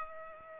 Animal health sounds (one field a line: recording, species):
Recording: mosquito wingbeat signal from an infrared sensor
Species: Culex pipiens